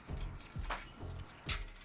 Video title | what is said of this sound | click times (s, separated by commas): The Carol Marelli Story - Sea Bright, NJ House Lifting | you can actually hear it click in | 1.5 s